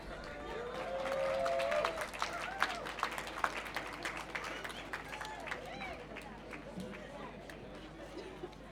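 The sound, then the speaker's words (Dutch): An audience at a demonstration against racism and fascism on 21 March 2026 applauds steadily for several seconds, a dense crackle of many hands clapping at a moderate level, with a brief cheer or whistle near the start and a murmur of voices underneath. “Nou, nog een applausje met heel veel liefde.”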